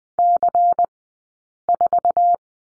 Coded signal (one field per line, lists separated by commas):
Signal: Morse code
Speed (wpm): 20 wpm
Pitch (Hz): 700 Hz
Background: none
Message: C4